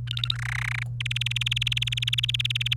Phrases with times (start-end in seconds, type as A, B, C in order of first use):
0.07-0.34 A, 0.35-0.83 B, 1.00-2.74 C